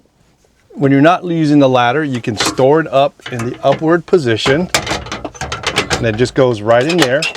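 Someone talks while a metal folding ladder on a truck canopy camper is swung up into its stowed upright position and pushed toward its holder, with a short run of sharp knocks around 5.1 to 5.8 s. The ladder is handled but not yet home; nothing has seated or clicked yet.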